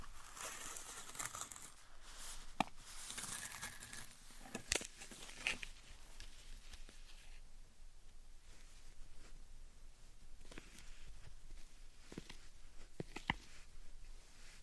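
Slime and sand being handled, with soft crackling, squishing and rustling textures that are busier and brighter in the first seven seconds, then thin out. Sharp little pops and clicks land irregularly, notably near 2.5, 4.7, 5.5 and 13 seconds.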